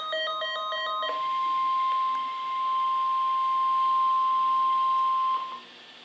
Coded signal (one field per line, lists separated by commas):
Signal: Emergency Alert System (SAME) tones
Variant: 1050 Hz attention tone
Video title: Flash Flood Warning (EAS #909-910)